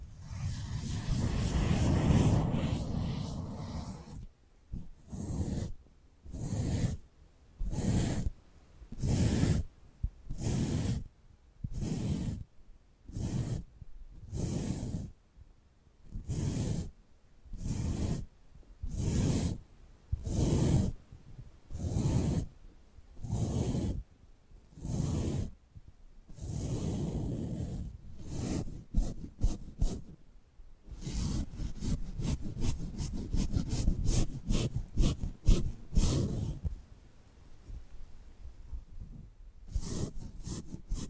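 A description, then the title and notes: Bright scratching and rubbing props, in a steady rhythm of short strokes, turning into faster, denser rustling near the end. 3D panoramic ear picking with various props.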